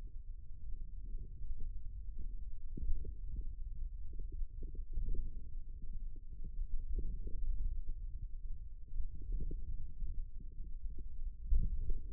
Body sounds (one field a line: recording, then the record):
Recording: forearm muscle sounds (acoustic myography)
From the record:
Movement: outward rotation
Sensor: system 2, bracelet of six BSWA MPA416 microphones around the upper forearm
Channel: 4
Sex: male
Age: 22 years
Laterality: right